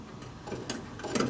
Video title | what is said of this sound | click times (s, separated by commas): Replacing your Weber Genesis grill burner tubes the easy and cheaper way. | Locks into place, and | 0.7 s, 1.1 s